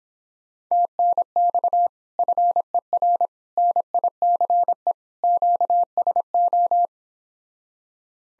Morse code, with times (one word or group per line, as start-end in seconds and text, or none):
0.7-1.9 TNX
2.2-3.3 FER
3.6-4.9 NICE
5.2-6.9 QSO